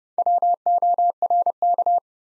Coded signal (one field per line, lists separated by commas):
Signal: Morse code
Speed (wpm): 30 wpm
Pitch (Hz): 700 Hz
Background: none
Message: WORK